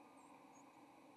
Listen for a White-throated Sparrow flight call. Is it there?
no